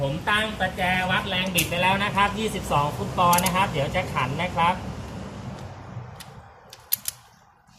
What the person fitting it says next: ดังคลิกแล้วนะครับ